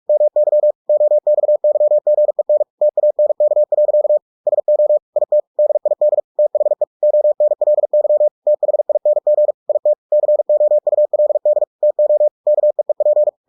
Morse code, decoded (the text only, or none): MY OXYGEN TANK. SO IT DID THE ONLY THING IT COULD TO KEEP